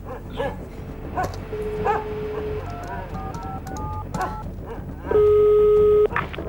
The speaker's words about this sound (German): ich möchte Sie ganz höflich darum bitten, doch endlich dafür zu sorgen, dass Ihr Hund nicht dauernd im Freien bellt.